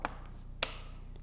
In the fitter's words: for the click and now you can see that it's firmly closed